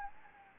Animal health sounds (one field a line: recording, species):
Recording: mosquito wingbeat signal from an infrared sensor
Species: Anopheles gambiae